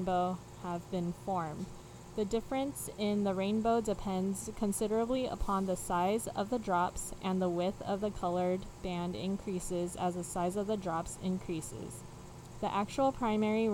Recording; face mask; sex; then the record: reading aloud; none; female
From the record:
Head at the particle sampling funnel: facing it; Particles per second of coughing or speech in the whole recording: 0.54